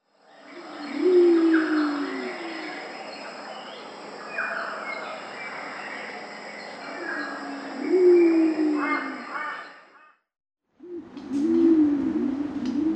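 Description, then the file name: Pied imperial pigeon deep cooing: several low hooting phrases separated by pauses. "Ducu Bico"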